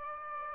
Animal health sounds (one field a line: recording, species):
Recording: mosquito wingbeat signal from an infrared sensor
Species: Aedes albopictus